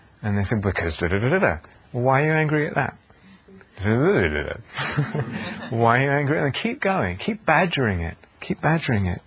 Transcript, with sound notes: And then say, "Because da-da-da-da-da. Well, why are you angry at that? Buuuwuuuughda." [laughter] "Well, why are you angry at ...?" And then keep going. Keep badgering it. Keep badgering it.